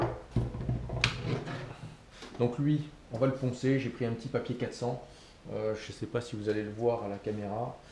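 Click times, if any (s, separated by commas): 1.0 s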